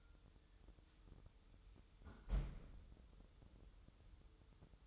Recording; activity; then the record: daily activity, microphone in the room; close fridge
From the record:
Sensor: 3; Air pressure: 988.4 hPa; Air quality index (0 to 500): 195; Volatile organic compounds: 305 ppm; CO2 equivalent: 4492 ppm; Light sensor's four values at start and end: 25/77/32/27 and 24/77/32/27